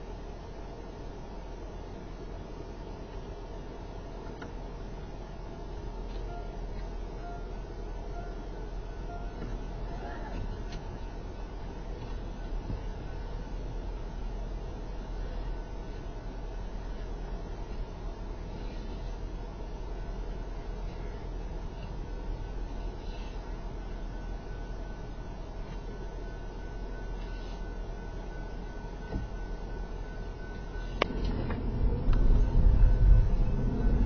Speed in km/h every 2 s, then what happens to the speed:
0, 0, 0, 2, 0, 0, 0, 0, 0, 0, 0, 0, 2, 2, 0, 0, 15.
0-30 standing. 30-34 pulls away to 15.